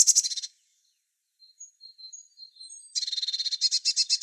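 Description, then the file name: Eurasian blue tit giving a buzzy, rapid churring call, with a short burst that is followed by faint thin notes and then a longer churr that rattles on. "Cyanistes caeruleus"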